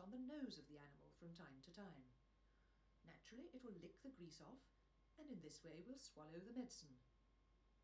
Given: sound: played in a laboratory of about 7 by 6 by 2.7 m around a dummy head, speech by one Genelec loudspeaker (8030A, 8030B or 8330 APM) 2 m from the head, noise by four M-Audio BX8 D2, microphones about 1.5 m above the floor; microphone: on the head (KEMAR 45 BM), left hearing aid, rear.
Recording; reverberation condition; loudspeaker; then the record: female speech in English; low; 150 degrees to the right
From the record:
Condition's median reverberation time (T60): about 310 ms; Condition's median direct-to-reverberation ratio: about 3.5 dB